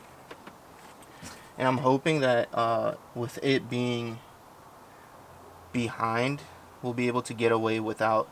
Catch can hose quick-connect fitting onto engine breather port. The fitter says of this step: push that down. Once you hear it click, it's good.